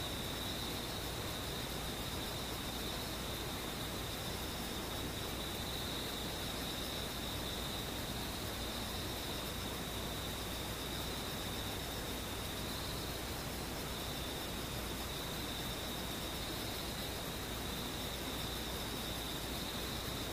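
Insects buzz in a steady, unbroken drone with a bright, piercing band held high throughout, over a dense, even hiss that never changes.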